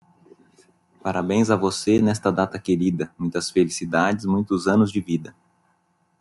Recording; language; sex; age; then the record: short text; Brazilian Portuguese; male; 40 to 49 years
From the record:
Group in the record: control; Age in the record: 45 years